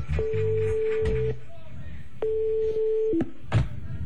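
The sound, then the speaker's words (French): Telephone line tones: two long, steady mid-pitched ringing tones separated by a pause, with sharp clicks and brief beeps between them over a low background hum. “ok, passez-moi le téléphone.”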